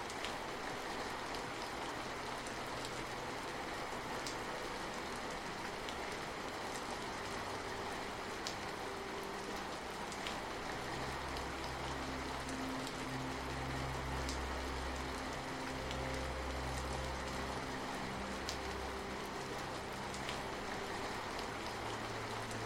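Gentle rain falls steadily, a dense, even hiss with scattered brighter drop ticks throughout. Beneath it, soft low sustained tones drift in and out, growing fuller after about ten seconds as slow music notes swell and fade.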